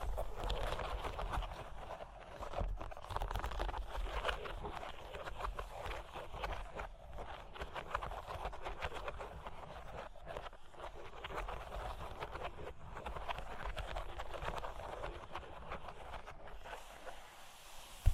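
Cork and wood being scratched and traced, a dense, continuous rasping texture with many small tapping ticks running throughout. The sound stays fairly even in level, mid-pitched and grainy, with brief dips near 2.5, 7 and 16.5 seconds and a low rumble underneath.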